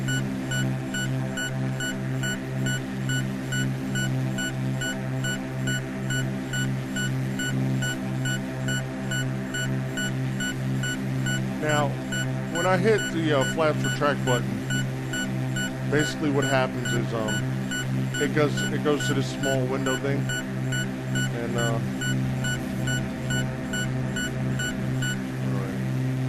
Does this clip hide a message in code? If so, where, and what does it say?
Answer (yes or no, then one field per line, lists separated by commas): no